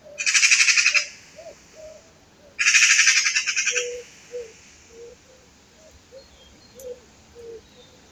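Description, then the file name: Eurasian magpie chattering in two loud, rasping rattles of rapid pulses, while soft low notes repeat in the background. "Pica pica"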